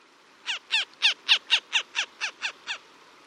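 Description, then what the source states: Northern Harrier calling, a run of ten sharp, downward-slurred notes, softening slightly toward the end. Male swooping through the morning fog in a marsh on a winter's day.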